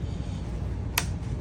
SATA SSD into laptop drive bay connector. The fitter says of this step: And it clicked in, so that's good.